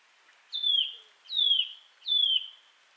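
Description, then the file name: Eurasian nuthatch calls: three clear descending whistled notes, each sliding down from high to lower pitch, spaced under a second apart, over faint background hiss. "Sitta europaea"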